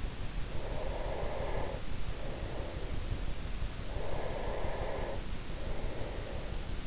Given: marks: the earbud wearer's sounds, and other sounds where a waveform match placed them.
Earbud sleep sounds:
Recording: sounds in sleep by an in-ear microphone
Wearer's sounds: breath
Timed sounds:
0.57-3.19 s: breath
3.74-6.82 s: breath

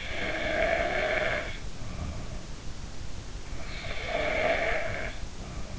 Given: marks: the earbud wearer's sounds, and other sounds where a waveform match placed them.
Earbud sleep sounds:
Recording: sounds in sleep by an in-ear microphone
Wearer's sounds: snoring breath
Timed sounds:
0.00-1.62 s: snoring breath
3.96-5.20 s: snoring breath

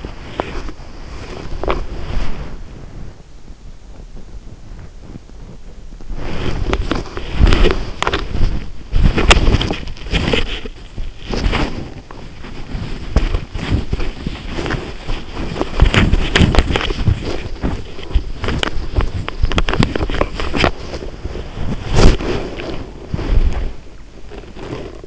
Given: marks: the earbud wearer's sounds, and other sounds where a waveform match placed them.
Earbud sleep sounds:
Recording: sounds in sleep by an in-ear microphone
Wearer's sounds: body movement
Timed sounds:
0.00-25.07 s: body movement

